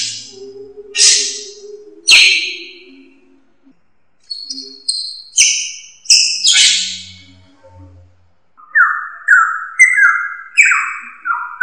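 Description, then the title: Drongo calls: rasping high bursts, then a pause, then varied descending whistles, ending in a quick run of loud downslurred notes. "Suara Srigunting Dari Hobiburung"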